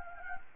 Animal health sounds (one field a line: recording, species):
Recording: mosquito wingbeat signal from an infrared sensor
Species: Anopheles gambiae